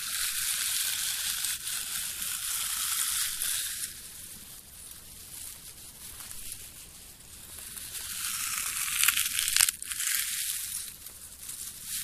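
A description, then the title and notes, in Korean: Someone eating peanuts, a dense bright crunching and crackling that eases around four to eight seconds, then swells again with a sharp snap near ten. 땅콩을 먹어볼게요. 오도독오도독.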